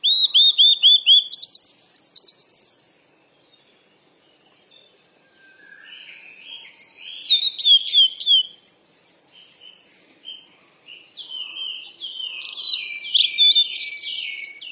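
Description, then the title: Bird chirping: a row of short repeated notes, then high twitters, a pause, and varied warbling phrases with more trills toward the end. "鸟儿喳喳"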